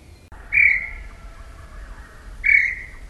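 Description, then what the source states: Tataupa Tinamou whistles: two clear, slightly falling whistled notes about two seconds apart, with quiet background. Recorded in South America.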